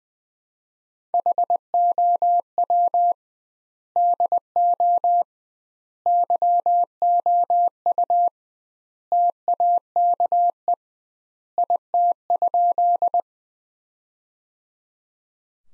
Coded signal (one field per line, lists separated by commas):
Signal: Morse code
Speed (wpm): 20 wpm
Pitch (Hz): 700 Hz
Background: none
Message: HOW DO YOU TAKE IT?